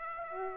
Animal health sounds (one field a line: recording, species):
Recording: mosquito wingbeat signal from an infrared sensor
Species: Aedes aegypti